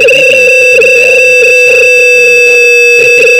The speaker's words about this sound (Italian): Ecco, è il telefono.